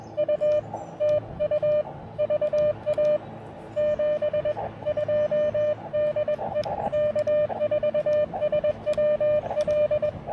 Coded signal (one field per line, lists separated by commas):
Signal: Morse code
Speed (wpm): 21 wpm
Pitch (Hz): 600 Hz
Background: radio noise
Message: U TU VA 72 DE K4SWL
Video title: Battle of the Bands: QRP POTA with Friends at Scioto Trail State Park!